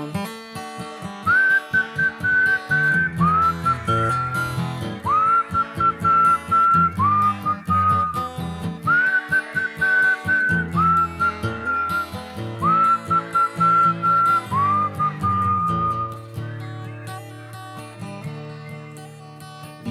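A person whistles a bright, mid-high tune in repeated short phrases, each note swooping upward into place, carried over a steady instrumental backing with a pulsing beat.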